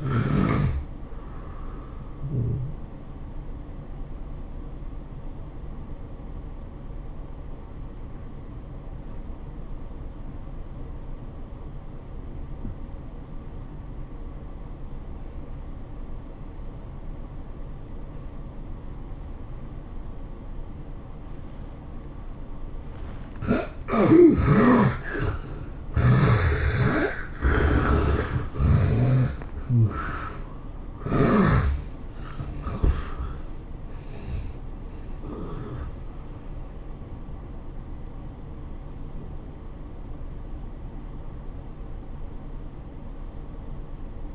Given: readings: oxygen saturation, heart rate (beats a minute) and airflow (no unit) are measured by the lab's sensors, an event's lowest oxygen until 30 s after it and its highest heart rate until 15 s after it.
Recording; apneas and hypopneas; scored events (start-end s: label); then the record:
breathing in sleep by a smartphone at the bedside; 1
5.00-24.00 s: obstructive apnea (N1, oxygen 96% highest, then 71% lowest, heart rate 95 at the start, 108 highest)
From the record:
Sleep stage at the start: N1 (lightest sleep); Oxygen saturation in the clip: 70 to 96%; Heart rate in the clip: 81 to 108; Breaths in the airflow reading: 7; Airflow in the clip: -12.3 to 10.6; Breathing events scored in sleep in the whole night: 403 in 5.5 hours asleep